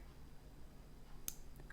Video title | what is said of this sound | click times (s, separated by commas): Lorier Hyperion Review: A Great GMT That’s Not For Me | which you hear there and a second click there you heard there | 1.3 s, 1.7 s